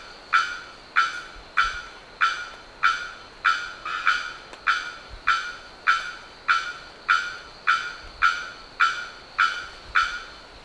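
Bearded bellbird giving a long series of explosive, ringing bock notes, evenly spaced a little over half a second apart.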